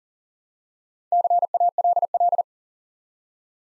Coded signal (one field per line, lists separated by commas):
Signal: Morse code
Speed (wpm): 38 wpm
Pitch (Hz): 700 Hz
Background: none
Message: CALL